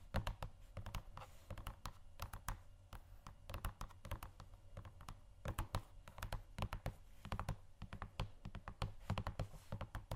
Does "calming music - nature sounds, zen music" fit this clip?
no